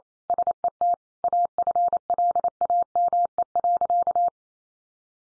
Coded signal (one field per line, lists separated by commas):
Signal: Morse code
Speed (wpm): 28 wpm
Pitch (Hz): 700 Hz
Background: none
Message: SET AFLAME.